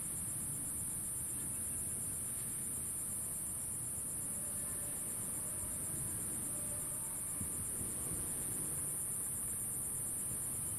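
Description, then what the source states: Insect call: an unbroken piercing high drone with quick regular throbbing, set against the soft, steady roar of breaking waves. Recorded by the ocean at Phan Rang, with calm waves; the insect calls are described as zapping.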